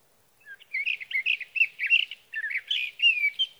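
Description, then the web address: Sage thrasher song with rapid, slurred warbling phrases running almost nonstop, including a brief pause midway, against a quiet background. "birdsongforthecurious Sage Thrasher"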